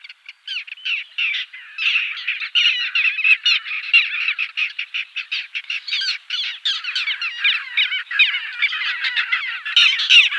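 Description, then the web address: Little gull calls, a dense, steady chatter of short, harsh notes repeated rapidly and overlapping throughout, as if from several birds at once. "Schulze Peter Little Gull"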